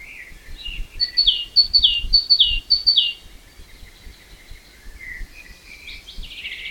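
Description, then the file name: Great tit song of clear high-low couplets repeated several times in quick rhythm, followed by quieter warbling and chirps. "Parus major"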